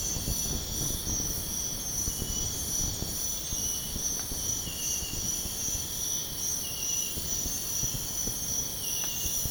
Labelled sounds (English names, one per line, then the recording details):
none
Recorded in pastures near Puerto Asís, Putumayo, Colombia, on 22 June 2025 at 04:30
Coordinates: 0.496, -76.326
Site GP01